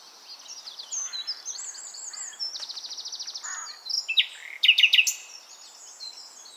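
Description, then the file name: Common nightingale song with soft buzzy trills and chattering notes, building to a brief loud cluster of sharp clicks. "Luscinia megarhynchos"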